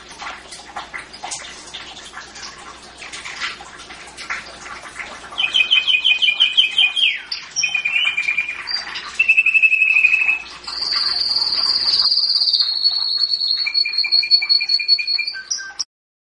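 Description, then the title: Canary song with rapid rattling trills and sustained high whistled rolls in the second half, after quieter scattered chirping at the start. Champion canary singing. "Kicau Burung Kenari Juara"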